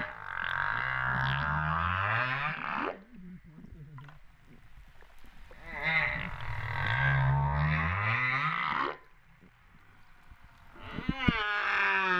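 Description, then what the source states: Humpback whale calls: two long harmonic calls of about three seconds each over low sweeping tones, separated by a quieter pause, then another call starting at the end. Recorded at Réunion on 13 September 2011 at 08:35:04.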